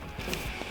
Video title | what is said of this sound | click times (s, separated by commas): Unboxing the Phantom Focus eChair by Carl Tatz Design | should do it and then just kind of do that it just pops right in | 0.3 s